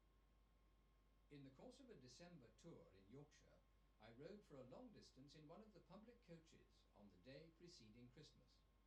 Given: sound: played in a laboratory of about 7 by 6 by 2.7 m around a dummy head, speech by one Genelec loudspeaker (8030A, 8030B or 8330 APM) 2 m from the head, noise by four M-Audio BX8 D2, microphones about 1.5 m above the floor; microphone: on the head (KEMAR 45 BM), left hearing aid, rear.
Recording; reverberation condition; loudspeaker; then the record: male speech in English; low; 30 degrees to the right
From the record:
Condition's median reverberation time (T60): about 310 ms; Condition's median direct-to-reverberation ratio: about 3.5 dB